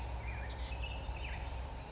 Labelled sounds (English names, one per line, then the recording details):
Chestnut-backed Chickadee
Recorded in Sonoma County, California